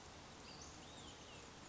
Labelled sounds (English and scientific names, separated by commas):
Olive-sided Flycatcher (Contopus cooperi)